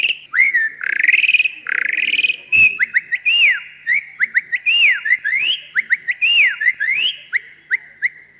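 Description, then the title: Javan pied starling repeating loud arched whistles that rise and fall, interspersed with rasping bursts and quick chirps in a steady, rapid sequence. "Jalak Uren"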